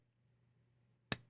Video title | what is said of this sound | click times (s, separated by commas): Review/impressions of the Civivi Nitro-V Synergy3 flipper knife… a surprisingly good knife. | nice Clickety with the detent on the um lock bar there so I like that | 1.1 s